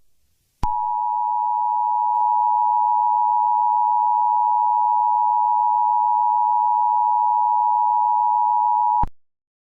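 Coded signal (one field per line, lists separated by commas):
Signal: Emergency Alert System (SAME) tones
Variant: 853 and 960 Hz attention tone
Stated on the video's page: Fictional EAS scenario.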